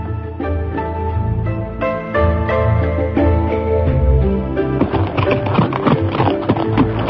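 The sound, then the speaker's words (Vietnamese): Rhythmic clip-clop of galloping hooves from a single horse carrying two riders past mulberry gardens, growing busier and more insistent in the second half, set against a sustained tonal musical background. “Đoàn Dự cùng Dương Ngữ Yên cưỡi chung một con ngựa, phóng qua không biết bao nhiêu vườn dâu.”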